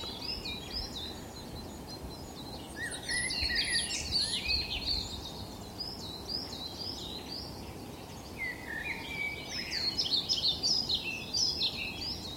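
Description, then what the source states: European pied flycatcher song: short, sweet, varied warbled phrases repeated in two bursts. Male singing in a woodland glade near a natural nest hole, making darting flights; spring morning in ancient bluebell woods on a mountain; described as unusually tuneful.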